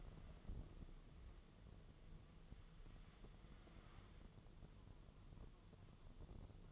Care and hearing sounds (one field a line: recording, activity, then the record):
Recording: daily activity, microphone in the room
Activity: wipe stove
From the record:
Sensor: 4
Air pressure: 1016.0 hPa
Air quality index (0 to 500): 162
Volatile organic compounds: 6 ppm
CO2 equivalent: 1844 ppm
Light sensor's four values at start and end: 9/19/7/7 and 8/19/7/7